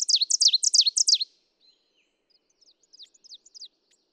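Ovenbird song ending in loud, ringing repeated phrases, followed after a pause by a faint new series of the same slurred notes beginning again.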